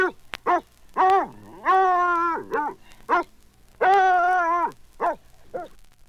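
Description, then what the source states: Bloodhound baying and barking: two long drawn-out bays mixed with several short barks. One bloodhound barking and baying.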